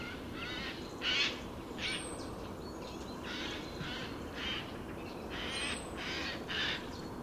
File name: Garrulus glandarius